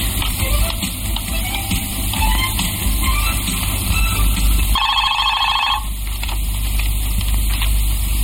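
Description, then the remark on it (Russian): A telephone rings once as a call comes in to an office, a bright, rapidly trilling electronic tone lasting about a second, rising out of a constant low rumble and hiss. “В офисе мужчина сидит за столом, пишет. Набирает телефон.”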